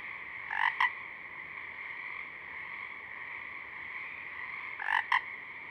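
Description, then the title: Pacific chorus frog giving two double-note ribbits about four seconds apart over a steady background chorus. A few Pacific chorus frogs singing at dusk, recorded through a parabolic reflector. "Pacific Chorus Frogs (Pseudacris regilla), dusk, Parabolic"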